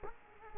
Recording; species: mosquito wingbeat signal from an infrared sensor; Culex quinquefasciatus